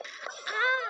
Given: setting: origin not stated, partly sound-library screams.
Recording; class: one-second piece from a danger detection set; woman in danger